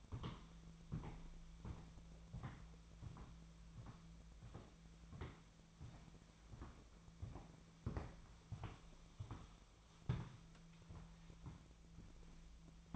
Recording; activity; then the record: daily activity, microphone in the room; walk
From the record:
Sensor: 1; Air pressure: 1008.3 hPa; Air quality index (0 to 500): 191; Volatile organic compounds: 17 ppm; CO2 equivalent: 2590 ppm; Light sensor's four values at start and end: 17/44/18/21 and 17/45/18/21